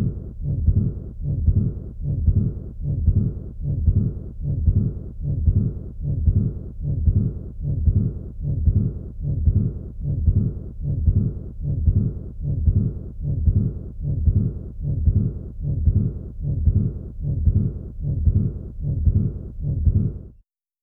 Second sound is absent, suggesting relatively more stenosis than regurgitation.